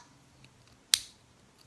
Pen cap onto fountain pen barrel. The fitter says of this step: it is a snap cap you can hear that